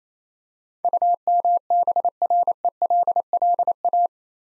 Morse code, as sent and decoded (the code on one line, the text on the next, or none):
..- -- -... .-. . .-.. .-.. .-
UMBRELLA